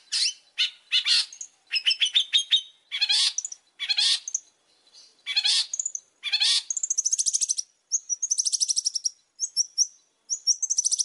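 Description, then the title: Oriental magpie-robin song mixing harsh chattering bursts with high, fast trills and short whistled notes, varied and continuous. Gacor, lively-singing song used as a lure to make other magpie-robins answer. "Pancingan Suara Siulan Kacer Gacor Mantap Untuk Memancing Kacer Lain Agar Mau Nyaut Bunyi"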